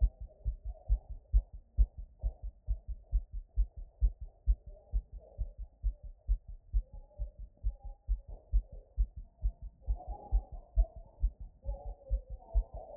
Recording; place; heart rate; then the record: heart sounds by stethoscope; Erb's point; 130 bpm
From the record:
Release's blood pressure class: hypertension stage 2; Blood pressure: 141/71 mmHg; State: after exercise